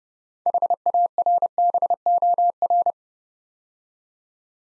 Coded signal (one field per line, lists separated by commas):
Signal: Morse code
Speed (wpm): 30 wpm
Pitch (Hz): 700 Hz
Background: none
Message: HARBOR